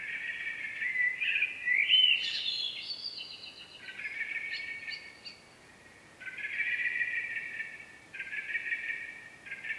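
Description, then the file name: Common blackbird song, warbled phrases that rise and then drop back, repeated in bursts over steady background hiss. "Turdus merula"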